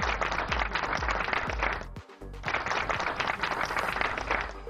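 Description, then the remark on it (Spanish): Dense, steady clapping from a crowd, loud and continuous, dropping out briefly near the middle before resuming at full strength until the end. “Y bueno, esto hay que aplaudir, ¿eh?”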